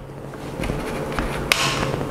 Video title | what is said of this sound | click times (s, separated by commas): รีวิว EZhome Wet and Dry Vacuum Cleaner เครื่องทำความสะอาดพื้น All-in1 แบบไร้สาย - พ่อบ้าน งานครัว | นะครับคือเข้าดังคลิกแสดงว่ามันเข้าแล้วนะฮะวิธีถอดออกง่ายๆก็คือ | 1.5 s